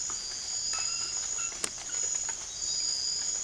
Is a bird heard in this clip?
no